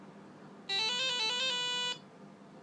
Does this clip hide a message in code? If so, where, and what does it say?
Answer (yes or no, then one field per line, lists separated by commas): no